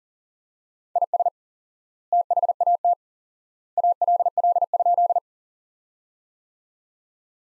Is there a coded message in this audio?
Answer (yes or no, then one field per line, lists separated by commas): yes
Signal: Morse code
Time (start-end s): 1.0-5.2 s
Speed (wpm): 40 wpm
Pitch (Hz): 700 Hz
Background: none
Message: IS THAT ALL?